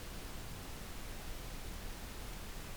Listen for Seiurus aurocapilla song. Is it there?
no